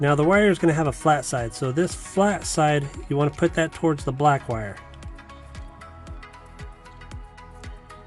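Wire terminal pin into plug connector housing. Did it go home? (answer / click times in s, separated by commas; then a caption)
no / none. Someone talks over background music while a wire terminal pin for a Polaris General reverse light kit is lined up with its plug connector housing cavity, its flat side turned toward the black wire. Only faint small handling sounds follow once the talking stops. Nothing has been inserted or clicked into place yet.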